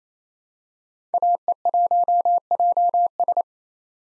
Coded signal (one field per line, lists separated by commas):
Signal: Morse code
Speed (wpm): 27 wpm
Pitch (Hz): 700 Hz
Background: none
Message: AE1JS